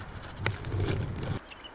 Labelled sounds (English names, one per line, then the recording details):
Marsh Wren
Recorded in Sonoma County, California